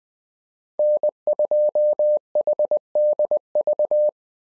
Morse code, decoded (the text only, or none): N2HDV